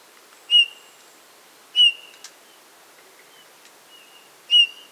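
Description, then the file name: Eurasian bullfinch giving three soft piping whistles, with weaker faint whistled notes between them and a quiet, still background. "Pyrrhula pyrrhula"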